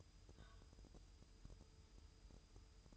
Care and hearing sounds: daily activity, microphone in the room; take from stove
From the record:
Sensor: 2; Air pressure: 988.2 hPa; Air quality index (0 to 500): 190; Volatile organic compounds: 180 ppm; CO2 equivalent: 4142 ppm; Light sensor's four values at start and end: 21/71/28/26 and 21/71/28/26

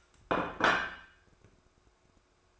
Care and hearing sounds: daily activity, microphone in the room; place plate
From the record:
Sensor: 2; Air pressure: 1004.2 hPa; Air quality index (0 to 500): 188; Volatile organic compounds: 10 ppm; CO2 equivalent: 2256 ppm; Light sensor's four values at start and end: 3/7/3/3 and 3/7/3/3

